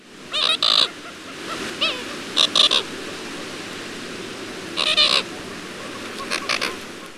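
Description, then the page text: Caribbean coot calls: short clucking and reedy squawking notes in brief bursts, some doubled or tripled, scattered throughout with pauses between. A variety of clucking and reedy squawks. "Caribbean Coot. VOICE: A variety of clucking and reedy squawks. Audio (M. Oberle). HABITAT: Freshwater ponds and marshes"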